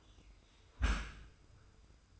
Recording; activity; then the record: daily activity, microphone in the room; close dishwasher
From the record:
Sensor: 2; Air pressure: 990.2 hPa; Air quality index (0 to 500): 206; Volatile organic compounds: 1000 ppm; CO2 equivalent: 6602 ppm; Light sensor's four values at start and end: 24/57/23/23 and 24/57/23/23